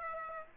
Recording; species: mosquito wingbeat signal from an infrared sensor; Aedes aegypti